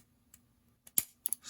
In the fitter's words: worm covers here or worm holders snap in place also work as the truck retainers